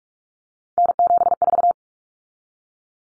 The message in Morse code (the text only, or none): N74